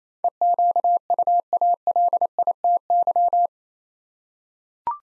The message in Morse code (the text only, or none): EQUALITY